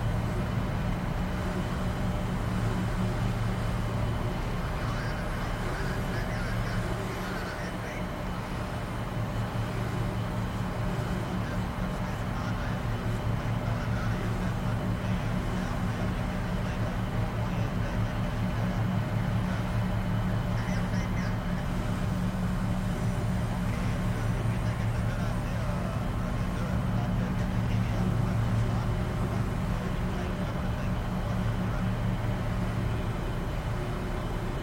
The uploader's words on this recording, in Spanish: Ambiente de Cabina de Transbordador para un Sueño Profundo.